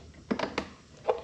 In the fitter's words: Don't know if you could hear that, but it went click, click, click.